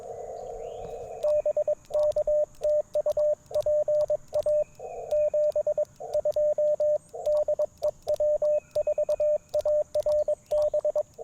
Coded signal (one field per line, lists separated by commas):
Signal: Morse code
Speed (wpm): 22 wpm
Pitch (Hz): 590 Hz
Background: radio noise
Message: BK TU PA 72 DE W4ARB